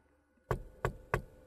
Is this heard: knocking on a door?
yes